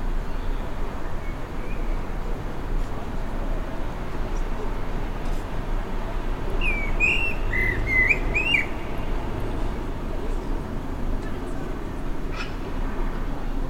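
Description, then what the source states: Blackbird singing one short phrase of quick, slurred whistled notes over a constant low background hum. Recorded on 29 May 2020.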